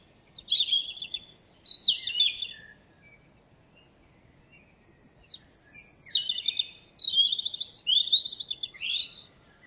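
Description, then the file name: European robin song: a high, thin warbled phrase lasting about two seconds, a pause of nearly three seconds, then a longer run of varied trills and squeaky notes. "Erithacus rubecula"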